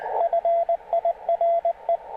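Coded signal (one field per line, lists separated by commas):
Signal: Morse code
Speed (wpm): 20 wpm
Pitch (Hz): 680 Hz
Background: radio noise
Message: FIRE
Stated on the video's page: CW received through varying passband widths, showing that narrowing the passband improves readability.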